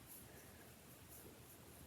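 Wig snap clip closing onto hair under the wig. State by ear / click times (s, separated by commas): not seated / none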